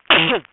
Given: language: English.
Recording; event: throat vibration sensor signal played as sound; cough